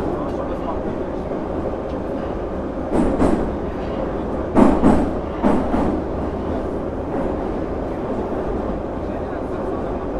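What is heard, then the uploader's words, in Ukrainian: A metro train rumbles steadily and low inside a crowded car, with brief clattering bursts of rail noise around three, five and six seconds. Наближається поїзд метро. Станція Контрактова площа, поїзд наближається, вагон заповнений. Вечір.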